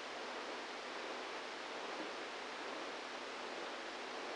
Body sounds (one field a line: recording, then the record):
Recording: brain microelectrode recording played as sound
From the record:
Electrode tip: inside the subthalamic nucleus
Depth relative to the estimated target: 0 mm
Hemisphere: right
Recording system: NeuroSet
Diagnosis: Parkinson's disease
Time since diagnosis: 27 years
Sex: male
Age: 62 years